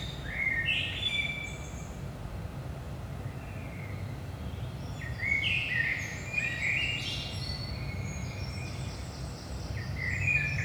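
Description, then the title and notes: Common blackbird singing mellow whistled phrases mixed with high scratchy twitters, irregularly spaced, with steady low-pitched background noise. Blackbird at 5 am, early morning, in Saint-Gilles, Belgium; recorded with DPA 4060 microphones in AB position into a Zoom F3. "Saint-Gilles, Belgique - 5am Blackbird. Blackbird in the morning. Merle au petit matin"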